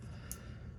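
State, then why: Not seated. A clip-on fiber optic sight is being handled onto the vent rib of a Remington 870 shotgun barrel after its position on the rib is chosen. A low steady rumble runs throughout, with a brief sharp bright tick near 0.3 s. Nothing has seated or clicked yet by the end of the clip.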